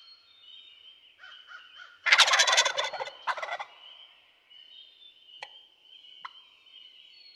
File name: Wild Turkey